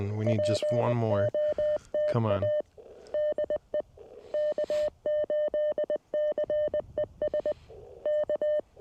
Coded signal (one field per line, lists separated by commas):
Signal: Morse code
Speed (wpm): 20 wpm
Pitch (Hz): 600 Hz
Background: speech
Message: POTA DE K8CES K